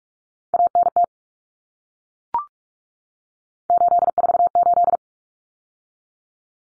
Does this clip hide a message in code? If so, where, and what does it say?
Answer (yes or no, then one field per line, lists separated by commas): yes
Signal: Morse code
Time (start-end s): 0.5-5.0 s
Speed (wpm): 44 wpm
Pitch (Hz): 700 Hz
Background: none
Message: ANT 848